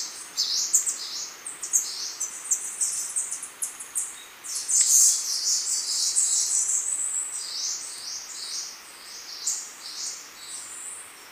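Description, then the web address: Choco Warbler pouring out a rapid, dense jumble of high chips and twittering trills, almost continuous throughout, with steady hiss beneath. Recorded in Ecuador. "Birds of Ecuador. Choco Warbler"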